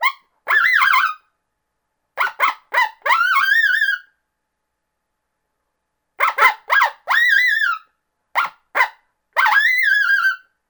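Coyote giving groups of sharp yips and longer wavering, arched calls, repeated at irregular intervals with silent gaps between.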